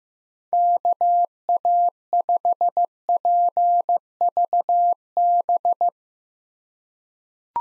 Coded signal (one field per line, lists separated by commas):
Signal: Morse code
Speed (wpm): 15 wpm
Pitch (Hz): 700 Hz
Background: none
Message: KA5PVB